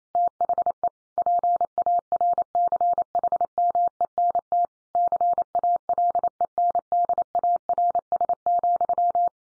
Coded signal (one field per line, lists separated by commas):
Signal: Morse code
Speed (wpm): 28 wpm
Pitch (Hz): 700 Hz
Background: none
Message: THE PARCHMENT CALENDARS,